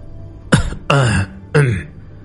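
An elderly, white-haired man lets out three rough, hacking dry coughs, each a short harsh burst with a gravelly, wheezy tail, spaced about half a second apart with no talking.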